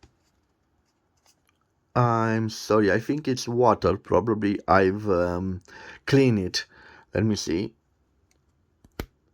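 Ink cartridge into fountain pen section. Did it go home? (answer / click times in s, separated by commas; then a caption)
yes / 9.0 s. An ink cartridge, apparently filled with water, is pushed onto the nipple of a sterling silver fountain pen's section. Someone talks, then after a few faint ticks it seats with a loud, sharp click at 9.0 s.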